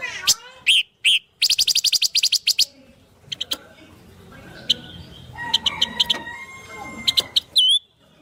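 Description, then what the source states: Spiderhunter song: a few whistled notes, then a rapid burst of harsh buzzy repeated notes, followed by scattered sharp chips and a few whistled notes. Long, clear, chatty singing (gacor) used to train birds.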